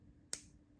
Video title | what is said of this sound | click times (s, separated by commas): DIY Bright Silver Stainless Steel Anklet Tutorial | hear that click while you pass the ring | 0.3 s